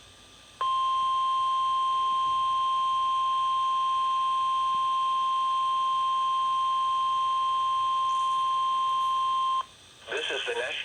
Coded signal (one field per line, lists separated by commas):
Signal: Emergency Alert System (SAME) tones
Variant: 1050 Hz attention tone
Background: speech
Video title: EAS: WXL40 Weekly Test (10/21/20)(EAS #495)